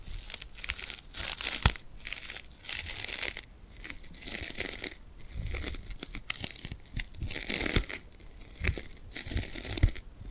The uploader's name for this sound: Tingly Glued Hand Sounds